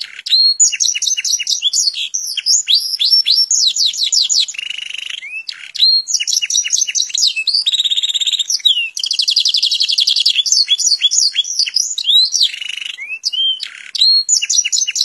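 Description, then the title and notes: Atlantic canary singing a long, varied song of quick trills, downslurred whistles and buzzy rattles, phrases changing every few seconds with short pauses. Canary song presented as master (tutor) song, termed 'masteran' in Indonesian, for birds to learn from. "Suara Burung Kenari Masteran. master suara burung kenari"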